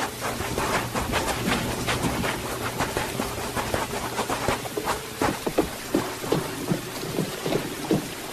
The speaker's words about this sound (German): Lärm. Gleich bricht der Sturm los.